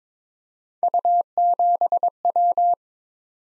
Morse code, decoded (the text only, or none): U7W